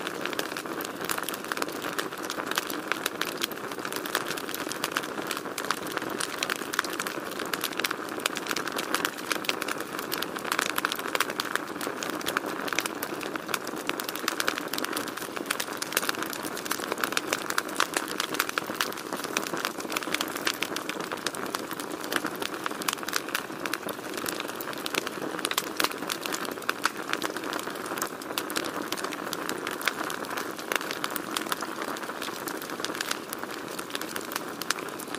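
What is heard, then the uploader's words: A campfire crackles steadily for the whole stretch, with dense, rapid pops and snaps packed closely together. The sound is bright, sitting over a constant rushing hiss, and its intensity stays level from start to finish without pauses. Relaxing Sounds of Crackling Campfire.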